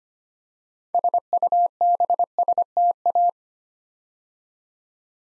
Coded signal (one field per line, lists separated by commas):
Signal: Morse code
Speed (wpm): 25 wpm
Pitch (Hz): 700 Hz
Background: none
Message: SUBSTA